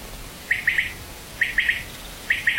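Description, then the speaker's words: Common quail calling its liquid three-note phrase, quick clipped whistles repeated three times about a second apart, with a quiet background. Recorded at Ruiten A in Groningen, Netherlands; the call sounds as if it comes from a synthesizer. "In de Groningse Ruiten A hoort Huib de kwartel."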